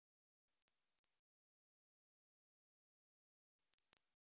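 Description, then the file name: Golden-crowned kinglet calls: a quick run of four very high, thin see notes, a silence of about two and a half seconds, then three more. Recorded 3 November 2005. "GCKI CALLS 1 B 051103"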